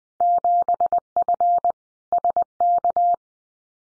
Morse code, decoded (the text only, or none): 7F SK